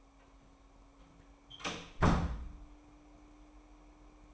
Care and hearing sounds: daily activity, microphone in the room; close door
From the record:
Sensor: 1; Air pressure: 998.4 hPa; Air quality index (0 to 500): 126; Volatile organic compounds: 3 ppm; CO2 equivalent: 1508 ppm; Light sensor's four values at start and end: 19/63/25/26 and 19/64/25/26

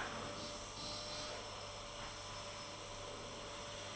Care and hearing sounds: daily activity, microphone in the room; vacuum cleaning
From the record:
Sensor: 4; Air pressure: 1008.5 hPa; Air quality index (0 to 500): 62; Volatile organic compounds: 1 ppm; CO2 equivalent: 598 ppm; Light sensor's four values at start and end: 13/31/12/11 and 13/31/12/11

